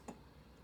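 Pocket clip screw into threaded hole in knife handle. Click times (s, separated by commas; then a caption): 0.1 s. A small fine-thread screw is turned anti-clockwise with a screwdriver in the threaded hole of a knife's pocket clip, so its threads can align without cross-threading. A faint, sharp click sounds at 0.1 s against low background noise, showing the threads have dropped into alignment and the screw is ready to be screwed in.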